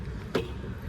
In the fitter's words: Lock ஆயிடுச்சு பாருங்க automatic.